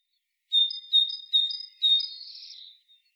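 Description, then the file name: Great tit calls: three short, sharp high notes in quick succession, each with a thin upper tone, ending in a longer buzzy, scratchy note; otherwise quiet. "Parus major"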